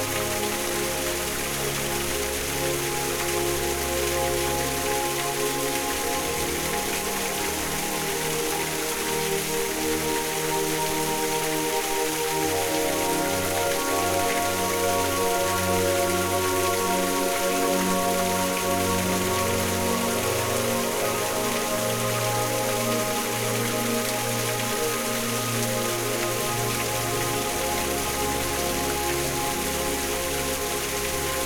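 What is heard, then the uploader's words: An indoor waterfall pours steadily, a dense, even hiss of falling water filling the whole range from low rumble to bright spray. Level holds constant throughout, with slowly shifting low tones underneath, possibly a faint hum or voices. Indoor Waterfall at the Conservatory.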